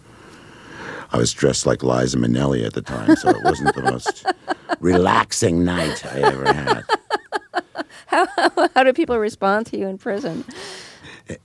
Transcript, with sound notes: I was dressed like Liza Minnelli at the time, so it wasn't the most relaxing night I ever had.
(Laughter) How did people respond to you in prison?